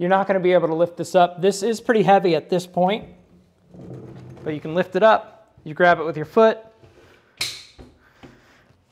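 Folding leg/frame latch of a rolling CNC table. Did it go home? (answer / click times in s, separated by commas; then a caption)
yes / 7.4 s. Someone talks while a folded Onefinity CNC rolling table, heavy at this point, is lifted back up by grabbing it with a foot. At 7.4 s the latch of the folding leg/frame snaps sharply into place, locking the table in the open position. It is seated.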